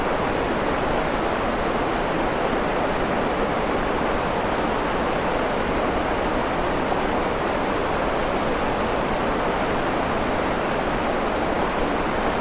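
A waterfall pours in a forest clearing, its rushing water forming a dense, unbroken roar that holds at the same loudness throughout. The sound is full, with a deep rumble underneath and a bright hiss on top; a few faint high chirps surface briefly.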